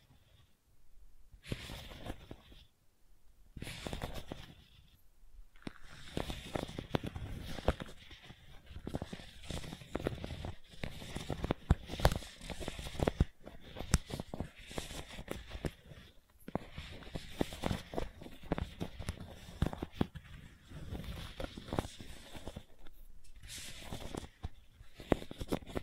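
Gentle scratching goes on almost continuously, made of quick, dense, crackly strokes in irregular bursts. Brief pauses break it near the start, around 3 and 5 seconds, and again near 16 and 23 seconds. The sound is dry and papery, with some light low thumps underneath.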